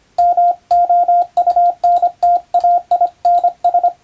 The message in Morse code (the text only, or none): MOUNTAINS